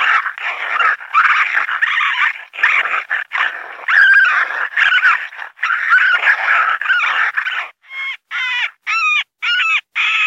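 Raccoon snarls and harsh squeals, a long run of noisy, churring bursts, ending in several short, high, wavering squeals in quick succession.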